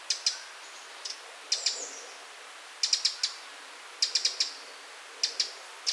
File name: Troglodytes troglodytes